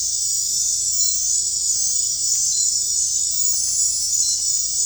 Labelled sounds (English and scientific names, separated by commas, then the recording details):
none
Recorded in dense forest near Puerto Asís, Putumayo, Colombia, on 16 December 2024 at 20:30
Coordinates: 0.466, -76.327
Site G075